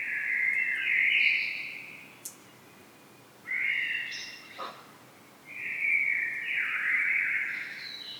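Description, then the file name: Common blackbird song: three fluty, mellow warbled phrases, the first and last long and low, a shorter one between, with faint higher twittery notes at the ends. "Turdus merula"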